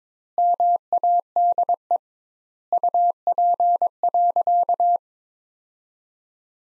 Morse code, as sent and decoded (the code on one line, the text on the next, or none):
-- .- -.. . / ..- .--. .-.-.-
MADE UP.